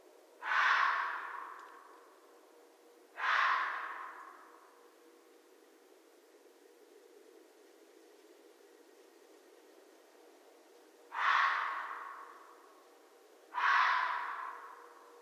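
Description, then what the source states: Red fox giving four rasping, breathy screams in two pairs, each burst loud at onset and tailing away slowly, with a long quiet gap mid-sequence. Recorded on 13 January 2012.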